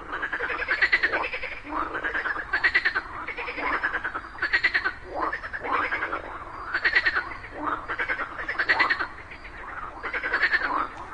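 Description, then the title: Frogs calling together in rhythmic waves, pulsed croaking bursts repeating at a steady rhythm over a constant din of other callers. A group of frogs calling together just after daytime rain. "Just after it rained during the day, a group of frogs happily cooperated perfectly, creating a symphony of nature."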